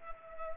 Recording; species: mosquito wingbeat signal from an infrared sensor; Culex pipiens